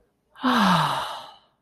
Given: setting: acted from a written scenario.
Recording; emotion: vocal sound without words; ecstasy